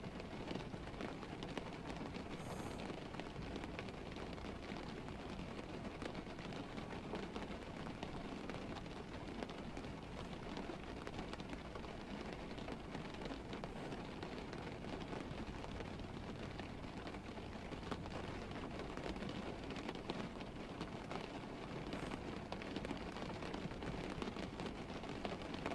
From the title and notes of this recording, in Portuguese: Dormindo em uma noite chuvosa.